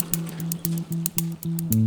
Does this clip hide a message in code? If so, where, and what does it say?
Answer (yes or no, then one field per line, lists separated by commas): no